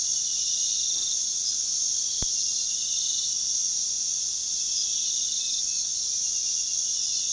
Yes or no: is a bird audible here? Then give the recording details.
no. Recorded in pastures near Puerto Asís, Putumayo, Colombia, on 21 February 2024 at 03:00. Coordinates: 0.468, -76.328. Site G6414